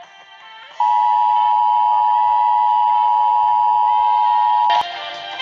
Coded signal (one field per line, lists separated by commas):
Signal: Emergency Alert System (SAME) tones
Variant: 853 and 960 Hz attention tone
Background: music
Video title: Bendy and the ink machine the eas scenario 2014